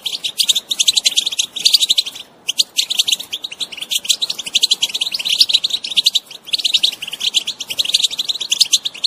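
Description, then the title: European goldfinch song, a sustained stream of rapid tinkling chirps and buzzy trills with only brief breaks. Wild bird. "اجمل غناءالحسون الخلويchant chardonneret sauvage"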